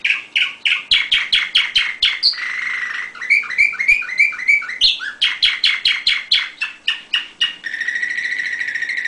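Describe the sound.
Canary song: fast repeated chirps, rolling trills and buzzy phrases at high pitch, running continuously throughout and ending on a sustained buzzy trill.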